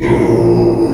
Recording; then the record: squeal of a Yucatan mini pig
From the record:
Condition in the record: before surgery on the right vocal fold (resection and tissue-engineered implant); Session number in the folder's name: 1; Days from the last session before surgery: -3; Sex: male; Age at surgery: 12 weeks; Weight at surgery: 13 kg